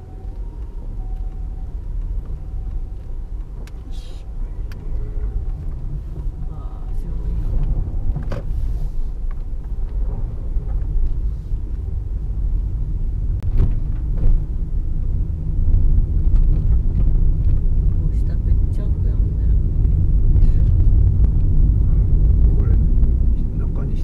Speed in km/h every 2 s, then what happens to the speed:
7, 7, 6, 8, 6, 9, 14, 15, 19, 19, 21, 22.
0-9 steady at about 7. 9-24 speeds up to 22.